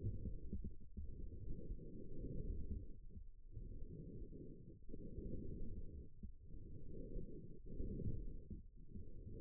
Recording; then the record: forearm muscle sounds (acoustic myography)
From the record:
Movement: forearm pronation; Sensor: system 1, eight BSWA MPA416 microphones around the upper forearm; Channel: 7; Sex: female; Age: 21 years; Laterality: right